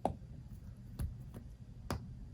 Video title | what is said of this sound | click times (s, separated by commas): NEW HOUSE OF SILLAGE X DISNEY COLLECTION | and again let me just show you you just stick it right in and listen for the click | 0.1 s, 1.9 s